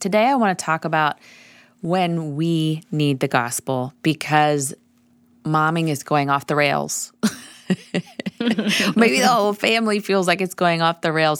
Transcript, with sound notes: Today I want to talk about when we need the gospel because "momming" is going off the rails, (laughter) or the whole family feels like it’s going off the rails.